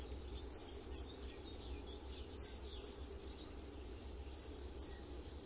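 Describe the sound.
Bird repeating three high, thin, upslurred whistles about two seconds apart, each ending in a quick downward flick, with no other sounds.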